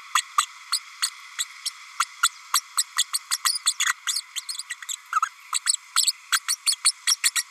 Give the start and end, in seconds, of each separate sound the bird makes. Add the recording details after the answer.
0.15-0.22, 0.38-0.45, 0.72-0.79, 1.02-1.10, 1.39-1.44, 1.65-1.70, 1.99-2.05, 2.23-2.28, 2.53-2.61, 2.77-2.84, 2.97-3.04, 3.13-3.18, 3.30-3.38, 3.44-3.58, 3.66-3.73, 3.85-3.94, 4.06-4.21, 4.35-4.40, 4.48-4.57, 4.69-4.76, 4.88-4.93, 5.22-5.29, 5.52-5.59, 5.66-5.77, 5.96-6.12, 6.32-6.39, 6.48-6.56, 6.66-6.76, 6.84-6.92, 7.07-7.16, 7.23-7.30, 7.35-7.44. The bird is a female. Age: 32 days. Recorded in a nest box in Venezuela. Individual 17B32A5